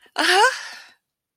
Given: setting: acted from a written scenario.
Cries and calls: vocal sound without words; triumph

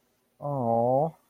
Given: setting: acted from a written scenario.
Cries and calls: vocal sound without words; adoration

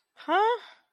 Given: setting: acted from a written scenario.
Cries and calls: vocal sound without words; confusion

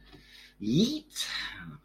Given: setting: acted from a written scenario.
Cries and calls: vocal sound without words; triumph

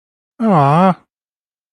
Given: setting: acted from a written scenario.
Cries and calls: vocal sound without words; romantic love

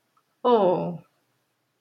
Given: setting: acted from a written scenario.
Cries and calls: vocal sound without words; sympathy

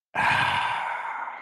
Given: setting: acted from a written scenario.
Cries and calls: vocal sound without words; serenity

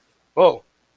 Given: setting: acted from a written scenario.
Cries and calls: vocal sound without words; awe

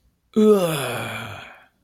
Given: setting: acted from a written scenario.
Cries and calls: vocal sound without words; disgust

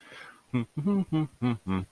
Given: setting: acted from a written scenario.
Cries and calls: vocal sound without words; pride

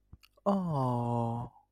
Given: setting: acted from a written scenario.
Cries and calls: vocal sound without words; awe

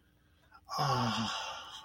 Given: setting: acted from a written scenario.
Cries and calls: vocal sound without words; contentment

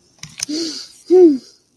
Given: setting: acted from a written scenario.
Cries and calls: vocal sound without words; pride

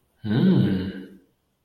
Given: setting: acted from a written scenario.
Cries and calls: vocal sound without words; realization

